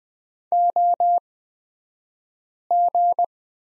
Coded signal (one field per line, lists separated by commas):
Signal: Morse code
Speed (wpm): 20 wpm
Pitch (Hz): 700 Hz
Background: none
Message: OG